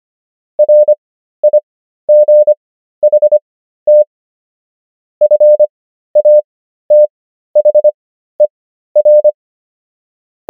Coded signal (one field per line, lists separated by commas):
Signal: Morse code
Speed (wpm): 25 wpm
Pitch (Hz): 600 Hz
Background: none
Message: RIGHT FATHER